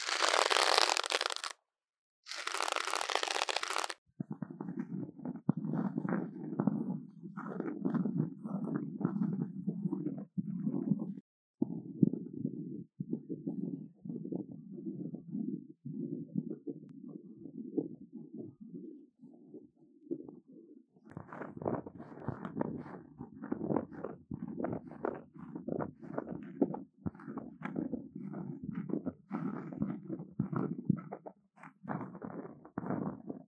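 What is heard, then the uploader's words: Two short bursts of loud, bright hiss open the recording. From about four seconds on comes dense scratching, a muffled low rustle with quick crackly strokes and a few brief pauses. After about twenty seconds the scratching grows louder and crisper. Intense Brain Scratching. No Talking.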